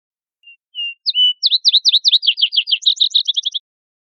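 Vesper sparrow song: two introductory whistles, then a higher slurred note and a fast series of sharp descending notes that speed into a bright trill; otherwise quiet.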